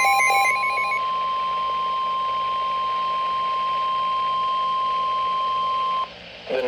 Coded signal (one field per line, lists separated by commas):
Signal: Emergency Alert System (SAME) tones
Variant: 1050 Hz attention tone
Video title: SVR EAS 168